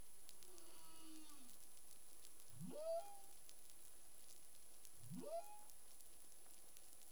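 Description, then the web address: Humpback whale song units: a gently falling moan followed by two swift rising upsweeps roughly two and a half seconds apart, set against constant soft underwater clicks and hiss. Recorded in the Caribbean on 25 February 2021 at 11:35 UTC. "CARIMAM. humpback whale"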